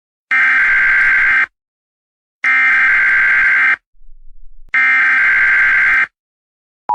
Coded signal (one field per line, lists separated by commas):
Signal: Emergency Alert System (SAME) tones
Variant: header bursts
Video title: Not Really Independent EAS Scenario LATE